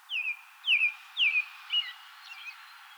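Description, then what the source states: American robin song, a short series of whistled downslurred notes, three clear and then softer, fading phrases. Recorded 2020-04-24.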